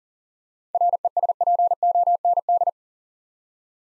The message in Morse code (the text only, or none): RESPOND